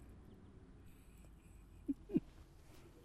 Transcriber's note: laughs